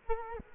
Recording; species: mosquito wingbeat signal from an infrared sensor; Culex quinquefasciatus